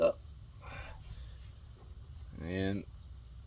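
A rubber spark plug boot filled with dielectric grease is handled at the spark plug of a John Deere riding mower engine while someone talks. Only speech and low background noise are heard; nothing has snapped onto the plug or seated yet.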